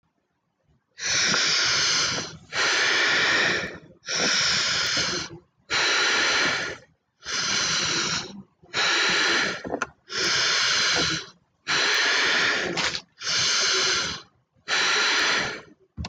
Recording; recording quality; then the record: deep breathing; excellent, no background noise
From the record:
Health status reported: respiratory illness, not identified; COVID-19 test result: not tested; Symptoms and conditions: cough, sore throat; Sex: male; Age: 19 years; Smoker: not ticked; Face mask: not worn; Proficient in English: yes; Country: India